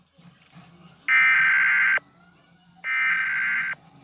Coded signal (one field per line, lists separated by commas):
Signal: Emergency Alert System (SAME) tones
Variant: header bursts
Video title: EAS Scenario: #3: Sweet Frog